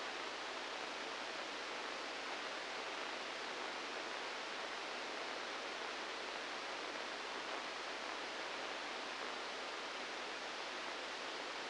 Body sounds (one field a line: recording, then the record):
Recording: brain microelectrode recording played as sound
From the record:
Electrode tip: inside the subthalamic nucleus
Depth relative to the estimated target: 0 mm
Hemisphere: left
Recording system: NeuroSet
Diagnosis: Parkinson's disease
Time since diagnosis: 10 years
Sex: male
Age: 63 years